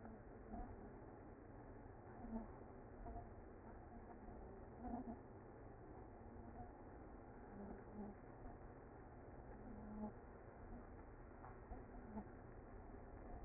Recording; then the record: honeybee colony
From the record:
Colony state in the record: active